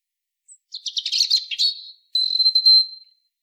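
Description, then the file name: European robin singing a quick jumbled burst of high, scratchy warbled notes, followed by a clear, thin, level whistle; quiet background otherwise. "Erithacus rubecula"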